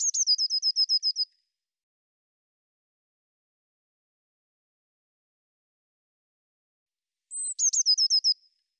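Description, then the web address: Eurasian blue tit giving a high drawn-out note followed by a fast, slightly descending trill of about eight notes, repeated once after a long silence. "cianscape birddata Deverinetal 2025 File cleaned normalized Bird Cy Ca"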